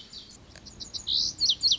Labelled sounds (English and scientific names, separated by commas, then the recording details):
Lazuli Bunting (Passerina amoena)
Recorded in Sonoma County, California